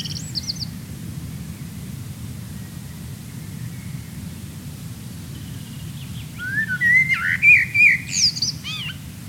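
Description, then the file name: Blackbird song: a few faint high notes early, then after a pause a warbled fluty phrase with high squeaky notes closing it. "Turdus merula"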